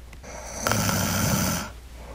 Is like her JV snoring this isn't the big stuff. She starts out fairly low-key and rhythmic. Rhythmic sort of light snoring is not dangerous.